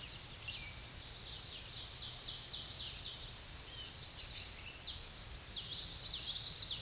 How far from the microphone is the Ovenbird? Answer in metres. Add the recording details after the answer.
about 35 m. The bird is about 5 m above the microphone. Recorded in a Pennsylvania forest on 16 May 2024 at 07:28. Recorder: AudioMoth, point MSD-2304. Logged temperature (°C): 16.0 °C. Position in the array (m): 242 m, 179 m